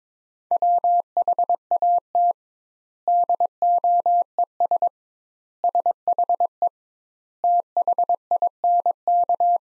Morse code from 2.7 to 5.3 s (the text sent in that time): DOES